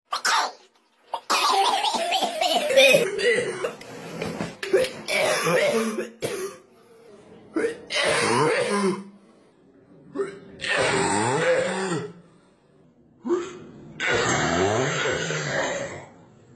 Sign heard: Cough pitched.